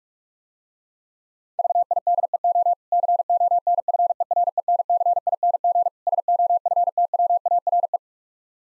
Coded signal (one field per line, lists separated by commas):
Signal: Morse code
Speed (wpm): 46 wpm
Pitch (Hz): 700 Hz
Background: none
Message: VIDEO CONFERENCING SOFTWARE